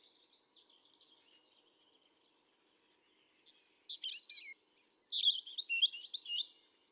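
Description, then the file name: European robin singing: soft thin twitters at first, then a louder varied phrase of high sliding whistles and trills lasting about three seconds. "Erithacus rubecula 310717"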